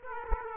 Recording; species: mosquito wingbeat signal from an infrared sensor; Aedes aegypti